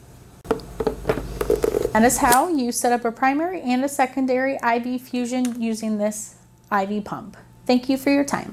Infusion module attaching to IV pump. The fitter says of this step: put the new one on I need to kind of bring this up at a high angle and then it will snap into place and